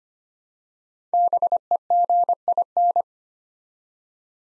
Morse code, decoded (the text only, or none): BEGIN